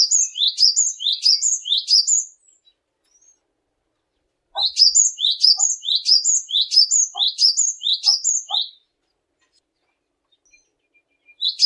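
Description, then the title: Cinereous tit song: bright repeated two-note phrases, quick high whistled chips looping rapidly in two bursts separated by a pause of about two seconds, with a third burst just starting at the very end. Cinereous tit in full song, described as gacor. "glatik batu gacor"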